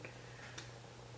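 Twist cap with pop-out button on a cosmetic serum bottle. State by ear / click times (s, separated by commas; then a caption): released / 0.1 s, 0.6 s. A twist cap with a pop-out button on a cosmetic serum bottle is twisted open. Two short ticking clicks sound at 0.1 s and 0.6 s over a steady low hum, and the button pops out as the cap is released.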